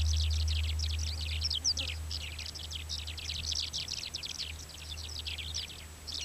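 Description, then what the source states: Mongolian lark song: busy, jangling high chatter poured out in quick bursts, with a low continuous hum in the background. Male song with other males singing in the background.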